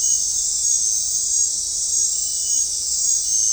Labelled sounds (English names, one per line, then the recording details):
none
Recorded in dense forest near Puerto Asís, Putumayo, Colombia, on 15 December 2024 at 21:30
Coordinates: 0.499, -76.324
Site G045